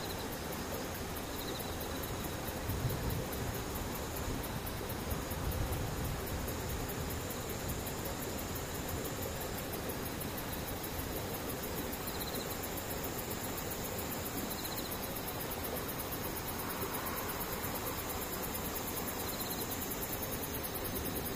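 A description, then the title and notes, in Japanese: Steady rain hisses evenly throughout, with faint thin insect and cicada trills drifting high above and no distinct events standing out. 雨ムシセミ無音。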